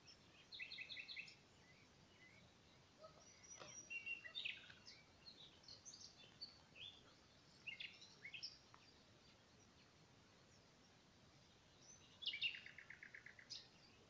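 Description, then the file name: Common nightingale song: varied phrases of chirps, whistles and trills, a quieter gap, then a loud run of rapidly repeated notes near the end. "Luscinia megarhynchos"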